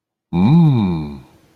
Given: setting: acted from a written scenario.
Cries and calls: vocal sound without words; awe

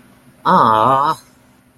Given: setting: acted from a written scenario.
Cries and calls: vocal sound without words; disappointment

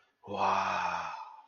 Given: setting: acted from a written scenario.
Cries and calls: vocal sound without words; awe

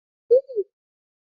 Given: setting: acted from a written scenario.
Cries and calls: vocal sound without words; ecstasy

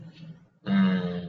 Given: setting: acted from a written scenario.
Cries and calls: vocal sound without words; contempt

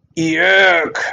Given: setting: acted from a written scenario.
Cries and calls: vocal sound without words; disgust

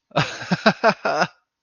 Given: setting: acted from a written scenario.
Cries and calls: vocal sound without words; positive surprise

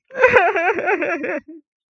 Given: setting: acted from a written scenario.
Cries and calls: vocal sound without words; sadness

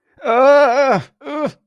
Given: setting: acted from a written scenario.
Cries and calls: vocal sound without words; distress

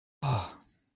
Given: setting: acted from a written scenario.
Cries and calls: vocal sound without words; elation

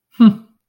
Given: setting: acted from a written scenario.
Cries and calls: vocal sound without words; neutral

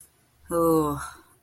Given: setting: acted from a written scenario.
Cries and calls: vocal sound without words; shame

